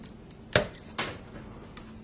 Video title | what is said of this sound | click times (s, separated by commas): Laptop screen replacement / How to replace laptop screen hp probook 4525s | and you'll feel it snap in place. | 0.6 s